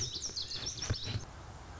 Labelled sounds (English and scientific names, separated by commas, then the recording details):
Lazuli Bunting (Passerina amoena)
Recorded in Sonoma County, California